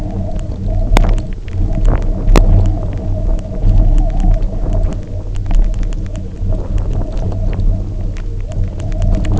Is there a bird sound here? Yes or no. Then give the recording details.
no. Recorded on Arctic tundra, site UTQI-0, on 27 June 2018. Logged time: 00:00